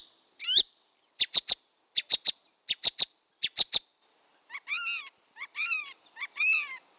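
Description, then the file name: Song thrush song: a clicking triple phrase repeated four times, then richer, harmonic whistled notes repeated. "bioakusztika enekesrigo"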